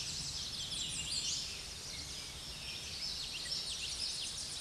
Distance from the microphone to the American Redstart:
about 35 m